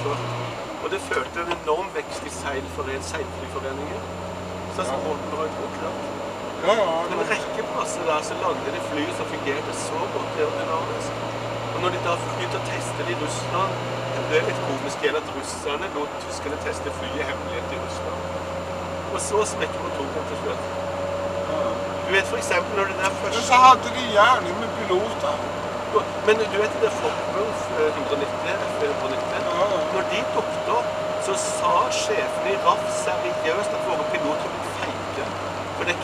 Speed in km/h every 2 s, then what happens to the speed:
41, 44, 48, 52, 54, 58, 60, 60, 61, 63, 65, 67, 68, 69, 70, 71, 70, 68.
0-30 speeds up to 71. 30-36 steady at about 70.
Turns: none.